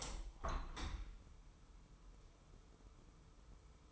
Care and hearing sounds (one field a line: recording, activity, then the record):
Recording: daily activity, microphone in the room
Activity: open window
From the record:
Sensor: 1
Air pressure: 1014.9 hPa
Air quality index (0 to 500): 26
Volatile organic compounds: 1 ppm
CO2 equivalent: 504 ppm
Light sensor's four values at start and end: 10/25/10/11 and 11/27/11/12